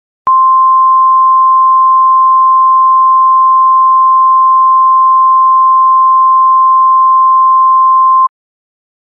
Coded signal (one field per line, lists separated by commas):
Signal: Emergency Alert System (SAME) tones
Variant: 1050 Hz attention tone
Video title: EAS FCC #EAS